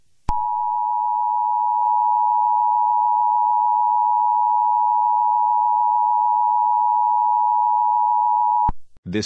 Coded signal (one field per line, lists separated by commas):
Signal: Emergency Alert System (SAME) tones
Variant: 853 and 960 Hz attention tone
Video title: EAS Scenario: uwucutesingle